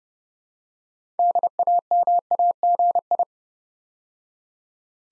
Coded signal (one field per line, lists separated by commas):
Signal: Morse code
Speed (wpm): 30 wpm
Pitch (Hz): 700 Hz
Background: none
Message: DAMAGI